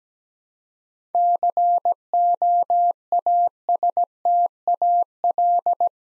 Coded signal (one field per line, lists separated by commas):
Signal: Morse code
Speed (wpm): 17 wpm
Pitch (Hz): 700 Hz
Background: none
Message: COASTAL